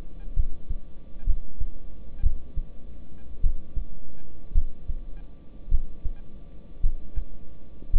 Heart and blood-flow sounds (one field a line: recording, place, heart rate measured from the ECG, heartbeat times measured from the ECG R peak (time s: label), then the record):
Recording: heart sounds by stethoscope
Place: between the tricuspid and mitral areas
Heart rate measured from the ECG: 56 bpm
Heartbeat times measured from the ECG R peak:
0.34 s: heartbeat
1.25 s: heartbeat
2.21 s: heartbeat
3.41 s: heartbeat
4.53 s: heartbeat
5.69 s: heartbeat
6.81 s: heartbeat
7.91 s: heartbeat
From the record:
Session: rest, lying down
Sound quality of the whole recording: good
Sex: male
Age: 26 years